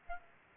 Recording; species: mosquito wingbeat signal from an infrared sensor; Aedes aegypti